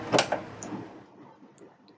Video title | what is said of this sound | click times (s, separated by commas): DFC401 Unit 4 Topic 3 Patient Care Equipment | gently push the cassette until you hear it click | 0.6 s